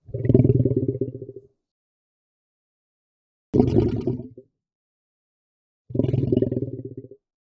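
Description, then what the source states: Lion giving three slow, throaty, vibrating moans, each around a second long, separated by silent gaps. Guttural, slow moan.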